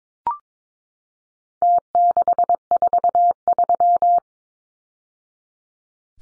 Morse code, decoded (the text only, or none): T643